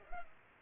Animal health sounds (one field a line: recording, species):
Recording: mosquito wingbeat signal from an infrared sensor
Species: Culex pipiens